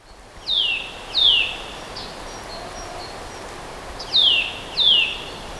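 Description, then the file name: Eurasian nuthatch giving sharp, descending whistled notes in two quick pairs separated by a pause of a few seconds, against faint steady background noise. "Sitta europaea"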